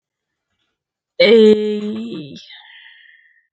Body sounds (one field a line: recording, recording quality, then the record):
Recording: sustained vowel as in made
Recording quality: excellent, no background noise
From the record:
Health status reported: exposed to COVID-19, no respiratory illness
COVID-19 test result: negative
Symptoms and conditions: fatigue, muscle pain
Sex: female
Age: 29 years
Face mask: not worn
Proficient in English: yes